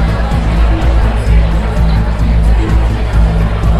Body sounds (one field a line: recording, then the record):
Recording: background sound without coughing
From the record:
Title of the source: Party Noise 1 Hour Party Ambience